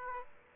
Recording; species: mosquito wingbeat signal from an infrared sensor; Aedes aegypti